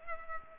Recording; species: mosquito wingbeat signal from an infrared sensor; Culex pipiens